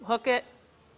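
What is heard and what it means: A clasp hook is being hooked back onto the 14 karat white gold security clasp of a dyed-pink freshwater pearl necklace while someone talks in two short bursts, followed by quiet. The clasp is still being handled, and nothing has clicked shut yet.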